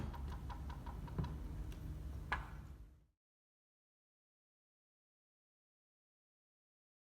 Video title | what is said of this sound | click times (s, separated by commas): SeedRight Seed Plates - John Deere Installation Video | insert the John Deere large cell plate and lock into place | 2.3 s